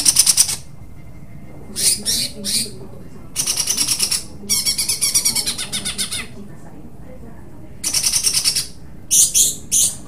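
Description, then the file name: Greater green leafbird song in loud bursts of rapid, buzzy, chattering trills and harsh high phrases, separated by short pauses, repeated throughout. Cucak hijau song with tembakan phrases and parakeet-style besetan phrases, from an Indonesian bird-training recording (omkicau). "cucak hijau dengan tembakan dan besetan parkit omkicau"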